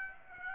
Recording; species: mosquito wingbeat signal from an infrared sensor; Aedes aegypti